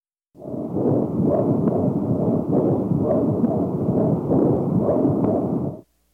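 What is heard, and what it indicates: Healthy adult chest heard through a stethoscope over chest landmarks while the patient whispers "1-2-3": the whispered words come through only as a muffled, indistinct whooshing, with no clear transmission of speech. Whispered pectoriloquy is absent, as in normal lung.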